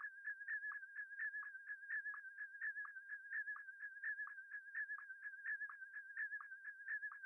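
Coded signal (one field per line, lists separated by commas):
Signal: SSTV (slow-scan television)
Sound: warbling mid-pitch tone with rapid regular chirps and periodic low sync blips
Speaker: and here you can see the iss signal coming up and the picture slowly developing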